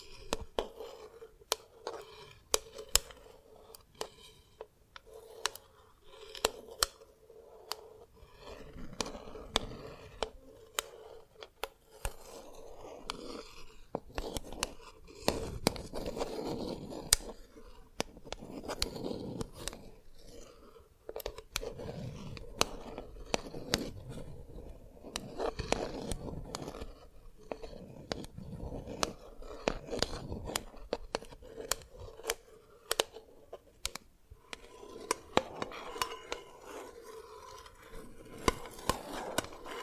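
Tapping and cracking on dalgona candy, with sharp, bright clicks arriving in irregular quick clusters throughout. Between the taps come softer scraping, crunchy passages, especially around the middle and near the end, over a faint steady low tone underneath.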